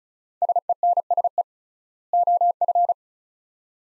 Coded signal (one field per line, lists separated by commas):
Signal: Morse code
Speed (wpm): 34 wpm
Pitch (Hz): 700 Hz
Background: none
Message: SENSE OF